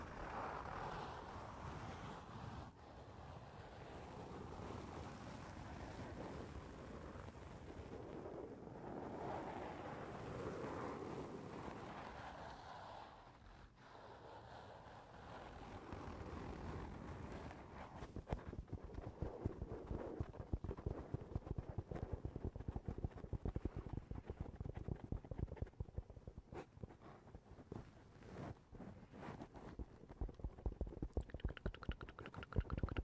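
Tapping on a foam house roof, a soft muffled rumble at first, then dense, fast irregular taps from about eighteen seconds on.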